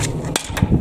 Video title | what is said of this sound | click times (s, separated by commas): DEWALT Miter Saw Stand DWX725B Miter Saw Mounting Brackets DW7231 SETUP REVIEW | snap in place go to the other side handle | 0.4 s